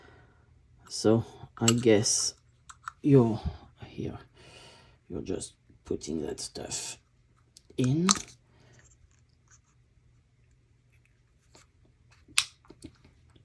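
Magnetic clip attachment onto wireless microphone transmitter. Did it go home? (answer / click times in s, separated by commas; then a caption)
yes / 12.4 s. A magnetic clip attachment is pushed onto a small plastic Rode Wireless Pro wireless microphone transmitter until it locks into place. Someone talks for the first eight seconds or so, followed by a few faint handling sounds, then one sharp, loud click at 12.4 s as the clip locks onto the transmitter, with a few softer ticks after it.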